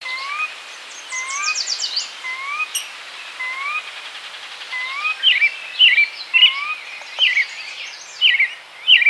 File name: Porzana carolina - Sora